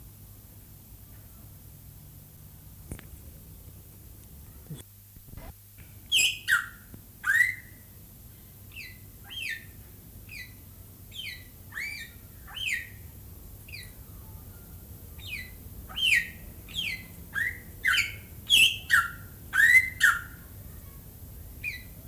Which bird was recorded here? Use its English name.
Greater Vasa Parrot